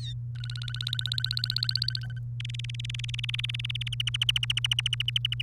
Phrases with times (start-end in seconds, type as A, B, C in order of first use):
0.01-0.13 A, 0.38-2.19 B, 2.40-3.88 C, 3.92-5.42 D